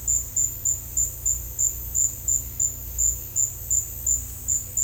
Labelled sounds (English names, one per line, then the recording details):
none
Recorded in dense forest near Puerto Asís, Putumayo, Colombia, on 16 December 2024 at 13:00
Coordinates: 0.467, -76.328
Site GP05